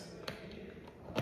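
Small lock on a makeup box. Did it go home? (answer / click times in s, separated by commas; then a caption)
no / none. A small lock on a makeup box is handled while being fastened shut, with short light taps and knocks at about 0.3, 0.9 and 1.2 seconds over a low background hum. Nothing has seated or clicked yet by the end of the clip.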